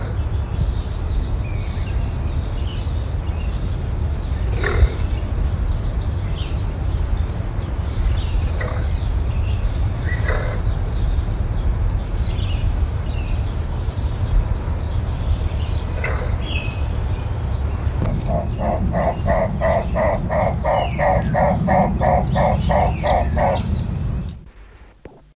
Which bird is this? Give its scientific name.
Tauraco corythaix